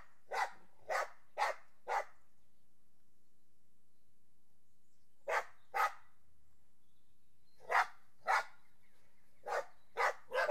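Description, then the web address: Dog barking in bursts: four quick barks, a long pause, two barks, then a run of five more barks. "The BBC Sound Effects Library - Complete 60 CDs Collection Sound Effects Library-38 (Horses # 2 and Dogs)"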